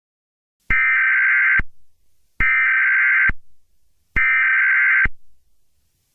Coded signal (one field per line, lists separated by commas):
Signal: Emergency Alert System (SAME) tones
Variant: header bursts